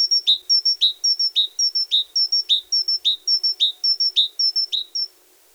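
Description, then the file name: Great tit singing a clear two-note phrase, high then lower, repeated briskly about nine times without pause before stopping. "Parus major"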